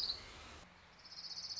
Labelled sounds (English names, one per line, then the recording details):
Orange-crowned Warbler
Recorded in Sonoma County, California